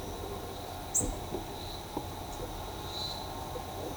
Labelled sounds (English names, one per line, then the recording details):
none
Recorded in shrubland near Pivijay, Magdalena, Colombia, on 18 April 2023 at 09:00
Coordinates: 10.453, -74.365
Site P5-G022